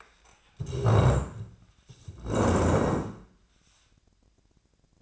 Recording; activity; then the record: daily activity, microphone in the room; stand up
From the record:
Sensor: 2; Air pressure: 1012.1 hPa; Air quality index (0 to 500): 159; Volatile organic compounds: 2 ppm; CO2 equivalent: 1166 ppm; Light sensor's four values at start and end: 77/172/80/93 and 45/112/49/57